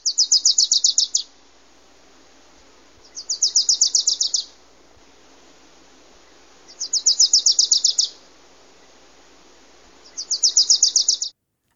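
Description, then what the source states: Wilson's warbler singing a rapid, dry chatter of many high notes, each burst just over a second long, repeated four times a few seconds apart against near silence. Actively calling almost everywhere in town.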